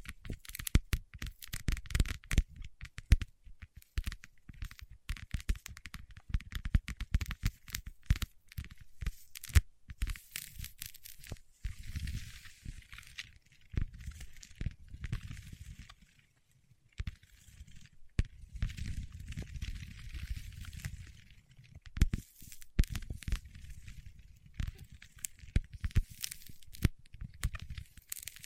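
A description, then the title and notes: Fingertips working wax make dense bursts of sticky crackling and crinkling snaps, with quieter smeary rubbing stretches around 12–16 and 18–22 seconds. ASMR with Wax Fingertips for Sleep (No Talking).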